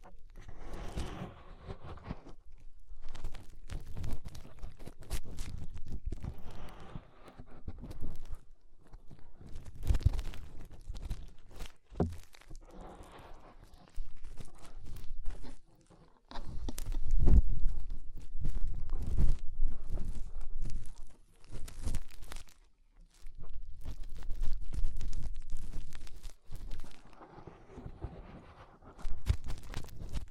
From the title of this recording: Inner Ear Cleaning Using Fingers